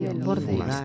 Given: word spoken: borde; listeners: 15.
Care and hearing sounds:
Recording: one Spanish word in noise, from a listening test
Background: four-talker babble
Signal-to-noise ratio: -2.0 dB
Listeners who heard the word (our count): 6 of 15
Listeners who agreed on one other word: 7 of 15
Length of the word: 0.45 s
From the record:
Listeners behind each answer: 7, 6, 1, 1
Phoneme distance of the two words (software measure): 7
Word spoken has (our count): 2 syllables, 5 phonemes, stress on syllable 1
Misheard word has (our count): 2 syllables, 6 phonemes, stress on syllable 1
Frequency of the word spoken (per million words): 35.63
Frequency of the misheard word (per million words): 10.48

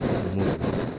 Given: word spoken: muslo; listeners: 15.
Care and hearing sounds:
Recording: one Spanish word in noise, from a listening test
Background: noise modulated by three-talker babble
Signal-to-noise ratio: -3.7 dB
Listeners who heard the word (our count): 1 of 15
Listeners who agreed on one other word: 9 of 15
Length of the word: 0.59 s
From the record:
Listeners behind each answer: 9, 1, 1, 1, 1, 1, 1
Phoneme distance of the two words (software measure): 10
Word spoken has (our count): 2 syllables, 5 phonemes, stress on syllable 1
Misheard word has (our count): 2 syllables, 5 phonemes, stress on syllable 1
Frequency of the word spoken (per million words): 6.62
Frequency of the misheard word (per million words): 2.44

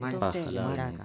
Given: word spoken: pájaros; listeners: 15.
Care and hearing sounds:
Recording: one Spanish word in noise, from a listening test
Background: four-talker babble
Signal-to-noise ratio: -2.3 dB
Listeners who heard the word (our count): 2 of 15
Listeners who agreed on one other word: 8 of 15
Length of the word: 0.66 s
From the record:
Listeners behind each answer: 8, 2, 1, 1, 1, 1, 1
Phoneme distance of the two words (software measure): 21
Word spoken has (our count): 3 syllables, 7 phonemes, stress on syllable 1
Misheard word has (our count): 2 syllables, 4 phonemes, stress on syllable 1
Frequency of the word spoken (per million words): 21.06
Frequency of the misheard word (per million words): 10.30

